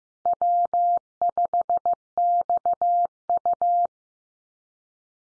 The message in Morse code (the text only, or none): W5XU